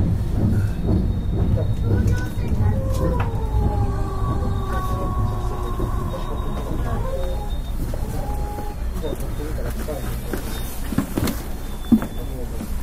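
An electric train in motion, with a steady low rumble through the whole clip. From about three seconds a motor whine slides in pitch before fading near eight seconds; a thin high tone persists, and a few sharp clicks come near the end.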